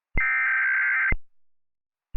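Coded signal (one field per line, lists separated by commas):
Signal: Emergency Alert System (SAME) tones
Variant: header bursts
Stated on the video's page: Recreation of the failed nationwide EAS test, using an event code other than NPT; tones may not be fully valid.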